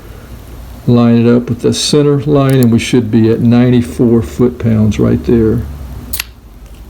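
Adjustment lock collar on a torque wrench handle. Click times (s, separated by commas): 6.1 s, 6.2 s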